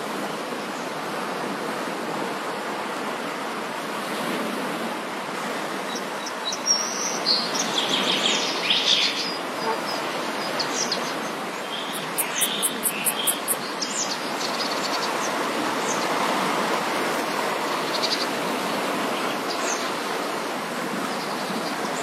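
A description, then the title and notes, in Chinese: Morning at the seaside with a steady, dense wash of waves that swells and eases without breaking into separate crashes. Bird calls chirp above it in short bursts, mostly between about 7 and 14 seconds, including a quick repeated series of bright notes near 12 seconds. 清晨的海边，海浪声。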